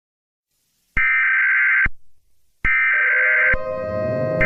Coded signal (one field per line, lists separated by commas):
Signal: Emergency Alert System (SAME) tones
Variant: header bursts